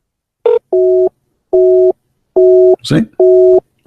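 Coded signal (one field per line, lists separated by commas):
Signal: none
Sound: app call ringing tone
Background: speech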